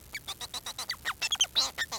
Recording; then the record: song of a male Bengalese finch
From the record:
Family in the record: son of father 4